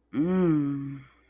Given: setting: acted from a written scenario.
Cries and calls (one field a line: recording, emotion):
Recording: vocal sound without words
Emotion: romantic love